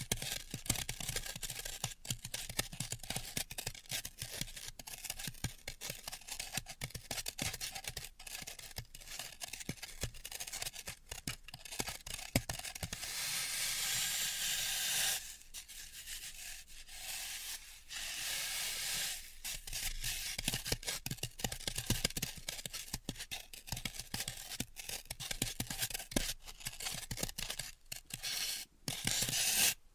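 Floral foam is cut, tapped and crushed in a dense run of crisp, crumbly scrapes and snaps that carry up into the high range. Short sharp clicks and taps come every second or so, and a stretch of steady gritty hiss runs from about 13 to 15 seconds.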